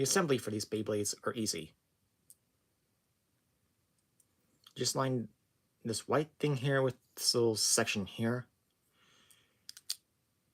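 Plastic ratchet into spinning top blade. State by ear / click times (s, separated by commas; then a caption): seated / 9.7 s, 9.9 s. A white plastic ratchet piece for a Hasbro Beyblade X Xtreme Battle Set spinning top is lined up with the blade section while someone talks. It is then twisted, giving sharp clicks at 9.7 s and 9.9 s as it locks into place, and the ratchet is seated.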